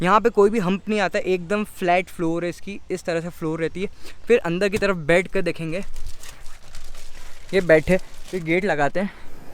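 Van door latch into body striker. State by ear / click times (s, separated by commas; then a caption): not seated / none. Someone talks about a new 2022 Maruti Eeco CNG AC 5-seater van while handling its door, whose latch goes into the body striker; the new door is said to need force to shut. Two brief sharp sounds occur around 6.2 and 6.8 seconds during a pause in the talk. Nothing has seated or clicked yet; the latch has not caught by the end.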